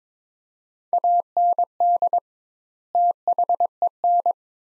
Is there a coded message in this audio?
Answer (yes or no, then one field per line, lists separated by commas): yes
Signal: Morse code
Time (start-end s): 0.9-4.3 s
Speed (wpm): 22 wpm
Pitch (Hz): 700 Hz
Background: none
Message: AND THEN